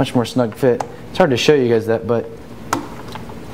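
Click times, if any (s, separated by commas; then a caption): 2.7 s. A replacement BAVSOUND Stage One tweeter is pressed into its plastic mount in the door of a 2010 BMW X1. Someone talks, then a sharp snap at 2.7 s marks the snug-fitting tweeter seating in the mount, followed by two fainter clicks.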